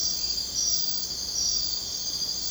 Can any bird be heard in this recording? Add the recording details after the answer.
no. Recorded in secondary vegetation near Puerto Asís, Putumayo, Colombia, on 22 June 2025 at 01:30. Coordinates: 0.484, -76.319. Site G074